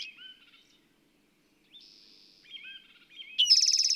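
Bird song mixing thin sliding whistles, a flat buzzy note, more twittering whistles, then a loud rattling trill bursting in at the end.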